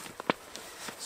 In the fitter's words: part now once you get that kind of just get this little guy this thing snaps in place too so